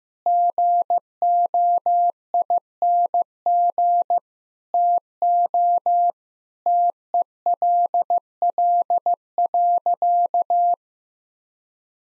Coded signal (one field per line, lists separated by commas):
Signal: Morse code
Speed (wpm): 15 wpm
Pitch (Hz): 700 Hz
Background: none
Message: GOING TO TELL.